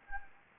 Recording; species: mosquito wingbeat signal from an infrared sensor; Anopheles gambiae